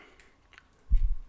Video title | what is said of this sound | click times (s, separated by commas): SPCMaker S125 unboxing, analysis, configuration and demo flight (Courtesy Banggood) | it's a bit tricky but it can be done very easily until you hear it click OK | 0.6 s